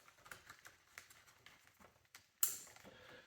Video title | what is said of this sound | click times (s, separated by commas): How to replace Battery on a Harley Davidson Touring | until you and push it in until you hear a click | 2.4 s